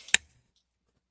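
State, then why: Seated. The break-action of a muzzleloader rifle is closed after its loose barrel lug was tightened, and the barrel locks into the rifle frame with one sharp metal snap at 0.1 s. This snap is meant to press the primer into the breech plug, and the action now closes and locks correctly.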